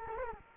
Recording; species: mosquito wingbeat signal from an infrared sensor; Culex quinquefasciatus